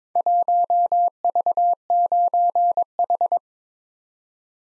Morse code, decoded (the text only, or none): 1V9H